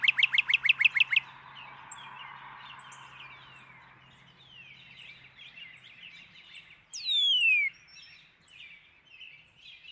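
Northern cardinal song: a brisk series of repeated down-slurred whistles, softer chips, and a single long falling whistle, with a faint low hum.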